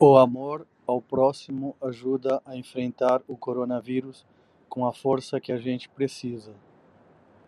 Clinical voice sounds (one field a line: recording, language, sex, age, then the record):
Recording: spoken sentence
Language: Brazilian Portuguese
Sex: male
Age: 50 to 59 years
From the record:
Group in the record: control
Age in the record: 56 years